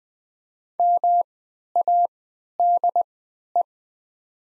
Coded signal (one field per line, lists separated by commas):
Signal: Morse code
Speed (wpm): 20 wpm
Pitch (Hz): 700 Hz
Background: none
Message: MADE